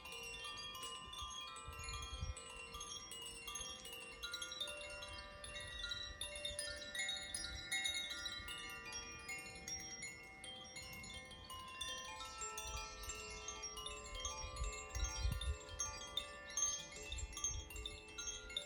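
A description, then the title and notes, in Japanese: Chimes played in a park ring out in dense, overlapping bright tones that sustain and shimmer, with soft low rumbles of outdoor air underneath. 紅葉とチャイム。紅葉の綺麗な公園で、チャイムを奏でました。土と水のエレメントのコシチャイムとザフィアチャイムを奏でています。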